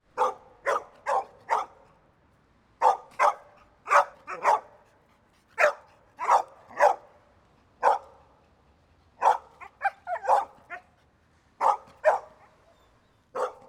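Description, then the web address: Dog barking in bursts of one to several sharp barks, separated by short pauses, repeated throughout against a quiet background. Medium-size dog barking. "Epidemic Sound Albums. Dog Bark Medium Size"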